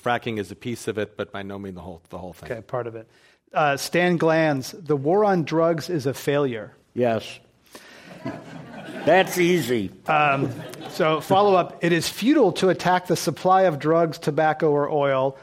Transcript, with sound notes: Fracking is a piece of it but by no mean the whole thing.
Part of it. Stan Glantz, the war on drugs is a failure?
Yes.
[Laughter]
That’s easy.
So follow up, it is futile to attack the supply of drugs, tobacco or oil;